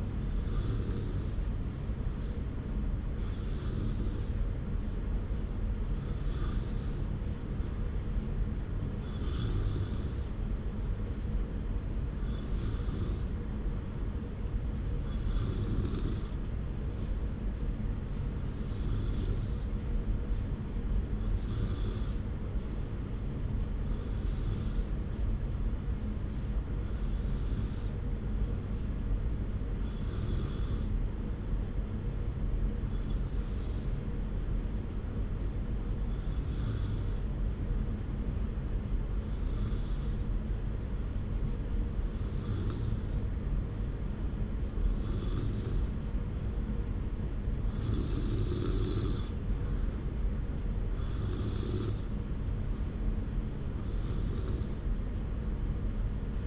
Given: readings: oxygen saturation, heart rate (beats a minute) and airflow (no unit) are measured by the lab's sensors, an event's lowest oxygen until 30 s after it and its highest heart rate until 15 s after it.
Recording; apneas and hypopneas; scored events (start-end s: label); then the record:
breathing in sleep by a smartphone at the bedside; none
none scored
From the record:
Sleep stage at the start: N2 (light sleep); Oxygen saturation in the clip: 93 to 94%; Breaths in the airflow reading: 21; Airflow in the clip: -0.7 to 0.9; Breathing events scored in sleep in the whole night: 335 in 6.7 hours asleep